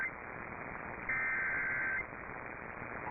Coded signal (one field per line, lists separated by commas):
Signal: Emergency Alert System (SAME) tones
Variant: header bursts